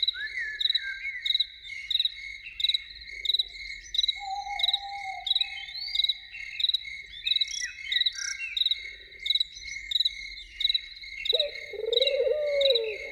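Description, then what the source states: Loon with a faint sustained wail midway and a wavering tremolo near the end, over steady rhythmic chirping of many crickets. Evening.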